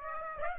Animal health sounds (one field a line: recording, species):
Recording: mosquito wingbeat signal from an infrared sensor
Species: Aedes aegypti